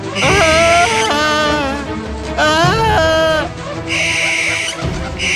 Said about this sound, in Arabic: وعندما توقف الغناء نظر إليها جورنديل ورآها تتحول إلى طائر، وطارت فوقه بومة بعينين مخيفتين وعلى الصراخ.